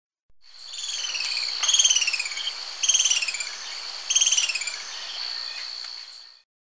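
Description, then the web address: Booted Racket-tail calling in a few bursts of high, buzzy, descending twittered notes, over a steady high insect-like whine. Recorded in Ecuador. "Birds of Ecuador. Booted Racket-tail"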